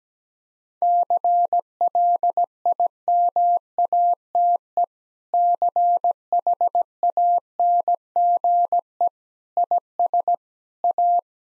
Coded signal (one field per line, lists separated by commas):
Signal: Morse code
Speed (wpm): 17 wpm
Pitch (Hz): 700 Hz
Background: none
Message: CLIMATE CHANGE IS A